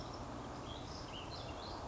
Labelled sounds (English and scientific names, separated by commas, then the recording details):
Ash-throated Flycatcher (Myiarchus cinerascens)
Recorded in Sonoma County, California